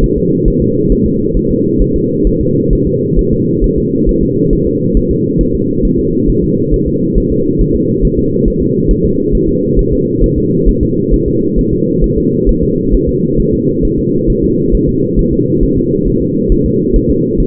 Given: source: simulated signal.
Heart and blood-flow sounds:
fetal heart sounds
0.04 s: S1
0.18 s: S2
0.48 s: S1
0.62 s: S2
0.92 s: S1
1.06 s: S2
1.37 s: S1
1.51 s: S2
1.82 s: S1
1.96 s: S2
2.27 s: S1
2.41 s: S2
2.73 s: S1
2.87 s: S2
3.19 s: S1
3.33 s: S2
3.64 s: S1
3.78 s: S2
4.09 s: S1
4.23 s: S2
4.53 s: S1
4.67 s: S2
4.97 s: S1
5.11 s: S2
5.41 s: S1
5.55 s: S2
5.85 s: S1
5.99 s: S2
6.29 s: S1
6.44 s: S2
6.74 s: S1
6.88 s: S2
7.18 s: S1
7.32 s: S2
7.61 s: S1
7.76 s: S2
8.05 s: S1
8.19 s: S2
8.48 s: S1
8.62 s: S2
8.91 s: S1
9.05 s: S2
9.35 s: S1
9.49 s: S2
9.79 s: S1
9.93 s: S2
10.24 s: S1
10.38 s: S2
10.69 s: S1
10.83 s: S2
11.14 s: S1
11.28 s: S2
11.59 s: S1
11.73 s: S2
12.04 s: S1
12.18 s: S2
12.49 s: S1
12.63 s: S2
12.95 s: S1
13.09 s: S2
13.40 s: S1
13.54 s: S2
13.85 s: S1
13.99 s: S2
14.30 s: S1
14.44 s: S2
14.74 s: S1
14.89 s: S2
15.19 s: S1
15.33 s: S2
15.63 s: S1
15.78 s: S2
16.08 s: S1
16.22 s: S2
16.52 s: S1
16.66 s: S2
16.96 s: S1
17.10 s: S2
17.40 s: S1
From the record:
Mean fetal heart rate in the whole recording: 135 bpm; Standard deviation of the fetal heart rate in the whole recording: 3 bpm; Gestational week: 36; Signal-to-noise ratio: -11.2 dB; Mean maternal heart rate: 72 bpm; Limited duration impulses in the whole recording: present

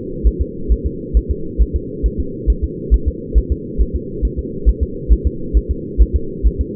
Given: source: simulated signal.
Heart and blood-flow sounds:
fetal heart sounds
0.27 s: S1
0.41 s: S2
0.72 s: S1
0.86 s: S2
1.17 s: S1
1.31 s: S2
1.61 s: S1
1.76 s: S2
2.06 s: S1
2.20 s: S2
2.50 s: S1
2.64 s: S2
2.94 s: S1
3.08 s: S2
3.38 s: S1
3.52 s: S2
3.81 s: S1
3.96 s: S2
4.25 s: S1
4.39 s: S2
4.69 s: S1
4.83 s: S2
5.12 s: S1
5.27 s: S2
5.57 s: S1
5.71 s: S2
6.01 s: S1
6.16 s: S2
6.47 s: S1
6.61 s: S2
From the record:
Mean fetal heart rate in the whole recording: 135 bpm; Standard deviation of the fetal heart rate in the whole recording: 3 bpm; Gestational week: 34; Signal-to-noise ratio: -4.3 dB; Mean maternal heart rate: 72 bpm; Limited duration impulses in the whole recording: absent

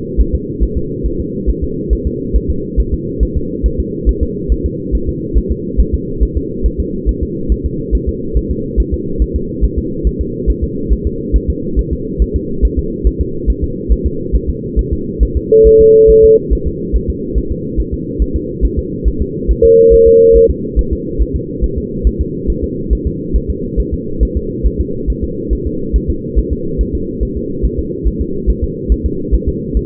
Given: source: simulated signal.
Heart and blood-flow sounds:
fetal heart sounds
0.21 s: S1
0.35 s: S2
0.63 s: S1
0.77 s: S2
1.06 s: S1
1.20 s: S2
1.50 s: S1
1.64 s: S2
1.93 s: S1
2.07 s: S2
2.36 s: S1
2.50 s: S2
2.80 s: S1
2.94 s: S2
3.23 s: S1
3.37 s: S2
3.66 s: S1
3.80 s: S2
4.09 s: S1
4.23 s: S2
4.52 s: S1
4.66 s: S2
4.95 s: S1
5.09 s: S2
5.38 s: S1
5.52 s: S2
5.80 s: S1
5.94 s: S2
6.23 s: S1
6.37 s: S2
6.66 s: S1
6.80 s: S2
7.09 s: S1
7.23 s: S2
7.52 s: S1
7.66 s: S2
7.95 s: S1
8.09 s: S2
8.37 s: S1
8.51 s: S2
8.80 s: S1
8.94 s: S2
9.22 s: S1
9.36 s: S2
9.64 s: S1
9.79 s: S2
10.07 s: S1
10.21 s: S2
10.50 s: S1
10.64 s: S2
10.93 s: S1
11.07 s: S2
11.36 s: S1
11.50 s: S2
11.79 s: S1
11.93 s: S2
12.22 s: S1
12.36 s: S2
12.65 s: S1
12.79 s: S2
13.07 s: S1
13.21 s: S2
13.50 s: S1
13.64 s: S2
13.92 s: S1
14.06 s: S2
14.36 s: S1
14.50 s: S2
14.79 s: S1
14.93 s: S2
15.23 s: S1
15.37 s: S2
15.67 s: S1
15.81 s: S2
16.10 s: S1
16.24 s: S2
16.53 s: S1
16.67 s: S2
16.96 s: S1
17.10 s: S2
17.38 s: S1
17.52 s: S2
17.80 s: S1
17.94 s: S2
18.22 s: S1
18.36 s: S2
18.65 s: S1
18.79 s: S2
19.08 s: S1
19.22 s: S2
19.51 s: S1
19.65 s: S2
19.94 s: S1
20.08 s: S2
20.36 s: S1
20.51 s: S2
20.79 s: S1
20.93 s: S2
21.22 s: S1
21.36 s: S2
21.64 s: S1
21.78 s: S2
22.07 s: S1
22.21 s: S2
22.50 s: S1
22.64 s: S2
22.93 s: S1
23.07 s: S2
23.36 s: S1
23.50 s: S2
23.80 s: S1
23.94 s: S2
24.23 s: S1
24.37 s: S2
24.67 s: S1
24.81 s: S2
25.10 s: S1
25.24 s: S2
25.53 s: S1
25.67 s: S2
25.96 s: S1
26.10 s: S2
26.39 s: S1
26.53 s: S2
26.81 s: S1
26.95 s: S2
27.23 s: S1
27.37 s: S2
27.65 s: S1
27.79 s: S2
28.08 s: S1
28.22 s: S2
28.50 s: S1
28.64 s: S2
28.92 s: S1
29.06 s: S2
29.35 s: S1
29.48 s: S2
29.77 s: S1
From the record:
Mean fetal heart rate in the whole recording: 140 bpm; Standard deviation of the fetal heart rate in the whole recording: 2 bpm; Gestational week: 34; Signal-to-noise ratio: -6.6 dB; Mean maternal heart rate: 72 bpm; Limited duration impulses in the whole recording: present

